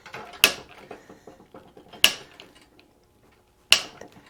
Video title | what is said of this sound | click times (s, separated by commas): Part 3: we have a chassis | when you're torqueing you always go at least three clicks | 0.4 s, 2.0 s, 3.7 s